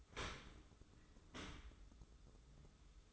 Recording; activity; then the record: daily activity, microphone in the room; open dishwasher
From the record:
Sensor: 3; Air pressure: 995.8 hPa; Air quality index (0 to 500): 97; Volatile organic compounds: 14 ppm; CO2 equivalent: 2436 ppm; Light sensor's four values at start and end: 29/87/36/32 and 29/87/36/32